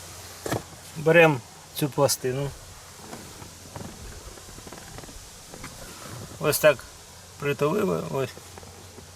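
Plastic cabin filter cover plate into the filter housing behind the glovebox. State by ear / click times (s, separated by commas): not seated / none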